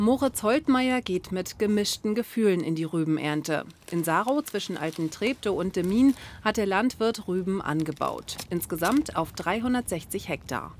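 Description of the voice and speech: A single adult narrates in German at an even, steady pace with clear articulation and short pauses between sentences, in the style of a news report. The voice is smooth and well-projected, with no hoarseness, hesitations or slurring. This is ordinary fluent speech.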